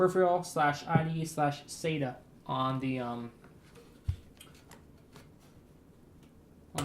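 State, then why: Seated. Someone talks while plugging the end of a peripheral power cable into a peripheral/SATA port on the back of a power supply. A few faint handling taps follow as it is fitted. The connector clicks into place at 6.8 s, fully seated.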